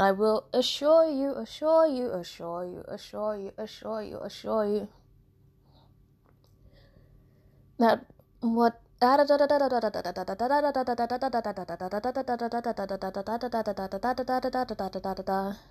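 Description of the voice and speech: An adult woman's speech breaks into rapid repeated fragments: "assure you" recurs about six times, then after a long pause a fast run of "ta-ta-ta" syllables lasting several seconds. These involuntary, unintentional repetitions of the words she is saying are vocal tics of Tourette syndrome that has progressed to include learned words.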